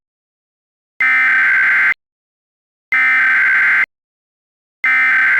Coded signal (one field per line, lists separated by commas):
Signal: Emergency Alert System (SAME) tones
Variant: header bursts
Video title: EAS MOCK | Active shooter in Lancaster @LancasterCountyWX